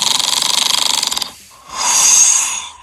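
Loud, rapid fluttering snore, then a brief pause and a hissing breath: snoring in a sleeping adult.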